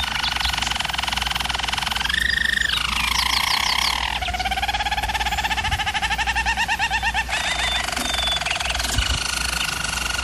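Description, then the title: German Roller canary's continuous trilled song glides upward, then runs into low, rapid, bubbling rolls and a higher roll without a break. German Roller canary singing, for canary training. "German Roller Canary Singing - Canary Training Vid"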